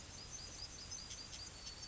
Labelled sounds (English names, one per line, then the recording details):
Yellowhammer song
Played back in grassland
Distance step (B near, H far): F
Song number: 056